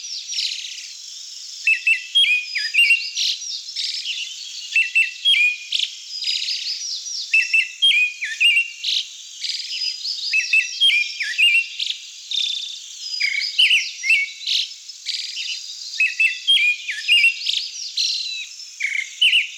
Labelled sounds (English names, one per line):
Pale Thrush song